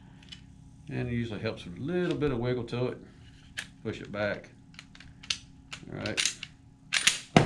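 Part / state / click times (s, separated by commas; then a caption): recoil spring assembly into barrel lug under pistol slide / partly seated / 7.4 s. Someone talks while the slide of a Glock 42 compact pistol is wiggled and pushed back onto the frame, with faint clicks and rattles of metal. The slide closes with a sharp snap at 7.4 s, but it is a failure: the recoil spring assembly is not seated in its recess on the barrel lug under the slide.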